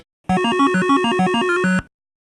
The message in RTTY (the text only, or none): none